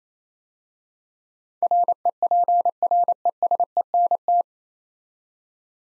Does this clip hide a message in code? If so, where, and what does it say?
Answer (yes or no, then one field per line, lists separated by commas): yes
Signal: Morse code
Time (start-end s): 1.6-4.4 s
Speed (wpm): 27 wpm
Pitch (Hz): 700 Hz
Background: none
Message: REPRESENT